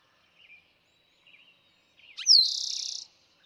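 Eastern towhee song: brief introductory note sliding down, then a buzzy trill, after a few soft faint chirps.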